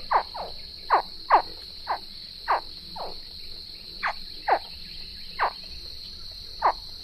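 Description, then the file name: American alligator chirps, several quick descending yelps at irregular intervals over a steady high drone. "American Alligator (Wild America)"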